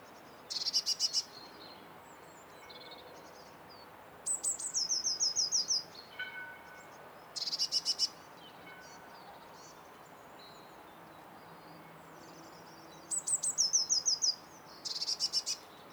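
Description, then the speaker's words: Blue Tit giving high-pitched squeaky motifs and buzzy chattering bursts, repeated several times with pauses. Song a little repeating squeaky motif with chattering in the background; a phrase built from its high-pitched repertoire with a chattery chur added at the end. "So look, again, a little repeating squeaky motif. Chattering from the background. That's the Blue Tit as well."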